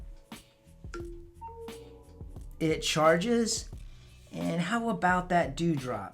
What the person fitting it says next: You hear the click.